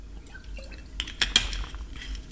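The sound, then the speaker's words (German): Someone takes a sip of water: a few quick clinks of a glass or cup, with faint liquid and swallowing sounds between them and no talking. “Muss mal einen Schluck Wasser trinken.”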